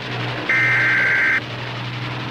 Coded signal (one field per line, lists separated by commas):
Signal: Emergency Alert System (SAME) tones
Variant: header bursts